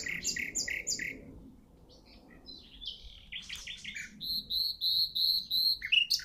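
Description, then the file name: Common nightingale song opening with three thick repeated notes, then varied chirps, and ending in a series of clear, pure whistled notes repeated in a steady rhythm. "Luscinia megarhynchos"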